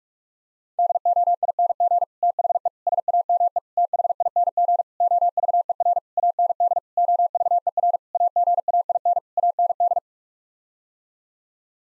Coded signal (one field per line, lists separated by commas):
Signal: Morse code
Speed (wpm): 41 wpm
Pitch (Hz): 700 Hz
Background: none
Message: DOING THE SAME THING OVER AND OVER AGAIN AND